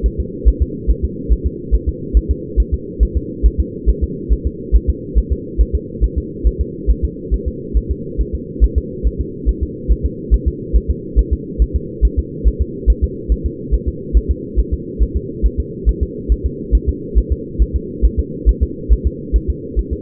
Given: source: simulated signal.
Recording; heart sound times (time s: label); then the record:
fetal heart sounds
0.06 s: S1
0.20 s: S2
0.48 s: S1
0.62 s: S2
0.91 s: S1
1.05 s: S2
1.33 s: S1
1.47 s: S2
1.75 s: S1
1.89 s: S2
2.17 s: S1
2.31 s: S2
2.60 s: S1
2.74 s: S2
3.03 s: S1
3.17 s: S2
3.46 s: S1
3.60 s: S2
3.90 s: S1
4.04 s: S2
4.33 s: S1
4.47 s: S2
4.76 s: S1
4.90 s: S2
5.18 s: S1
5.32 s: S2
5.61 s: S1
5.75 s: S2
6.04 s: S1
6.18 s: S2
6.47 s: S1
6.61 s: S2
6.91 s: S1
7.05 s: S2
7.34 s: S1
7.48 s: S2
7.77 s: S1
7.91 s: S2
8.21 s: S1
8.35 s: S2
8.64 s: S1
8.78 s: S2
9.07 s: S1
9.21 s: S2
9.49 s: S1
9.63 s: S2
9.92 s: S1
10.06 s: S2
10.34 s: S1
10.48 s: S2
10.76 s: S1
10.90 s: S2
11.19 s: S1
11.33 s: S2
11.62 s: S1
11.76 s: S2
12.05 s: S1
12.19 s: S2
12.48 s: S1
12.62 s: S2
12.90 s: S1
13.04 s: S2
13.32 s: S1
13.46 s: S2
13.74 s: S1
13.88 s: S2
14.17 s: S1
14.31 s: S2
14.60 s: S1
14.74 s: S2
15.03 s: S1
15.17 s: S2
15.46 s: S1
15.60 s: S2
15.89 s: S1
16.03 s: S2
16.32 s: S1
16.46 s: S2
16.75 s: S1
16.89 s: S2
17.18 s: S1
17.32 s: S2
17.62 s: S1
17.76 s: S2
18.05 s: S1
18.19 s: S2
18.49 s: S1
18.63 s: S2
18.93 s: S1
19.07 s: S2
19.36 s: S1
19.50 s: S2
19.79 s: S1
19.93 s: S2
From the record:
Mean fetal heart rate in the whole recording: 140 bpm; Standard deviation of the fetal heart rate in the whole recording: 2 bpm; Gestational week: 34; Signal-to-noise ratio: -4.1 dB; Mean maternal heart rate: no maternal heart sound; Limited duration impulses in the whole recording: absent